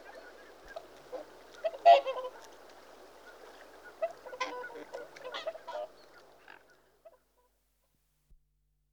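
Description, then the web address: Whooper swan giving scattered honking calls, one loud trumpet near the start and softer calls that fade away into silence. "The BBC Sound Effects Library. Whooper Swan (Cygnus Cygnus)"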